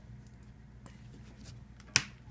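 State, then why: Seated. On a 2011–2016 Toyota Sienna, the fuel pump module's electrical connector is pushed into its mating body harness connector, which only fits one way. A few faint ticks come before one sharp, loud snap at 2.0 s as the connector seats fully.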